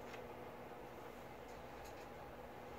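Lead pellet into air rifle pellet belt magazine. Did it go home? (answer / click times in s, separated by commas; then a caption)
no / none. A lead pellet is placed into a slot of the belt magazine for a Sig Sauer MPX air rifle and sits flush with the top, not yet snapped in. Only a steady low background hum with a few faint soft ticks is heard, and nothing has seated or clicked yet.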